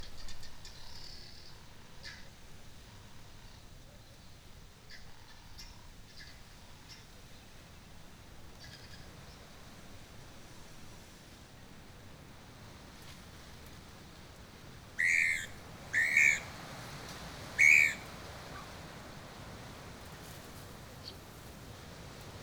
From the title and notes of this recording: Mmabolela Reserve, Limpopo, South Africa. With the exception of one particularly rainy day at the homestead, everything was recorded far from human interference.